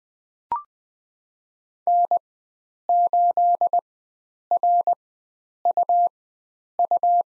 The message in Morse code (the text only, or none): N8RUU